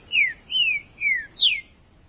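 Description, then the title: Green-winged saltator giving four full, clear whistles, each sweeping downward, evenly spaced. "Trinca Ferro"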